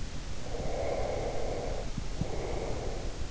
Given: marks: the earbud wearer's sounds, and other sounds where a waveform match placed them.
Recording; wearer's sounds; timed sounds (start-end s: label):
sounds in sleep by an in-ear microphone; breath
0.24-3.15 s: breath